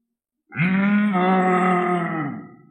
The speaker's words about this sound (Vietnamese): Trâu lớn gầm lớn, cặp mắt đỏ tươi trợn tròn, nó to lớn như núi cao, lần nữa xông về trước.